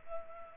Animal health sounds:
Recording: mosquito wingbeat signal from an infrared sensor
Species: Culex pipiens

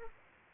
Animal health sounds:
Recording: mosquito wingbeat signal from an infrared sensor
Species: Aedes aegypti

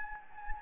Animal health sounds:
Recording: mosquito wingbeat signal from an infrared sensor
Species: Anopheles gambiae

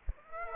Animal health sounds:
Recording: mosquito wingbeat signal from an infrared sensor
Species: Aedes aegypti

